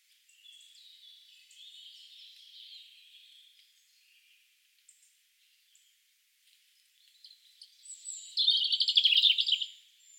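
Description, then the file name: European robin song: a soft, thin warbling phrase early on, a pause with scattered high notes, then a louder, trilling burst of high, tinkling notes near the end. "Erithacus rubecula"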